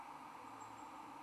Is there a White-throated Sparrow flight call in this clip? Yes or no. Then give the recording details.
no. No flight call is heard. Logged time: 05:08 on 20 December 2014